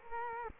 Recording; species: mosquito wingbeat signal from an infrared sensor; Culex quinquefasciatus